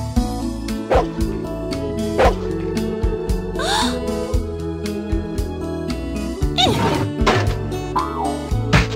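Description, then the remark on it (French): A large Newfoundland dog, Nana, barks several times in short, deep bursts spaced a second or two apart, over a steady bed of background music. “Cette nounou était un gros chien de Terre-Neuve appelé Nana.”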